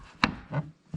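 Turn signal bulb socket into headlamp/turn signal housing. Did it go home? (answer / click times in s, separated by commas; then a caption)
yes / 0.2 s. A plastic turn signal bulb socket on a 2015 GMC Acadia is pushed into the headlamp/turn signal housing and turned clockwise until it locks. A sharp click at 0.2 s is followed by a softer rubbing, scraping sound around 0.5–0.6 s and a faint tap near 0.9 s. The socket is seated.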